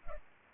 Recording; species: mosquito wingbeat signal from an infrared sensor; Culex pipiens